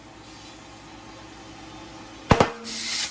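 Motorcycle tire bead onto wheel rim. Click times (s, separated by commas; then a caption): 2.3 s, 2.4 s. Air is put into a new front Pirelli Diablo Supercorsa SP V4 motorcycle tire with balance beads on a ZX6R until the rubber bead seats on the wheel rim. After a low steady hum, two sharp, loud pops come at 2.3 s and 2.4 s, followed by a bright rushing hiss of air. The tire bead is seated on the rim.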